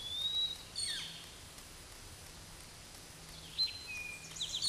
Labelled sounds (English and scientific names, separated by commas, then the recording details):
Eastern Towhee (Pipilo erythrophthalmus) song
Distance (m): 25 m
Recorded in a Pennsylvania forest on 17 May 2023 at 13:27
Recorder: AudioMoth, point grid1_32_low
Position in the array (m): 109 m, 102 m